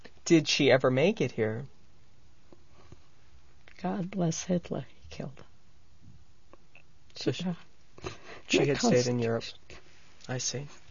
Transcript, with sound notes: Did she ever make it here?
God bless Hitler, he killed her. (tearful)
She stayed in Europe. I see.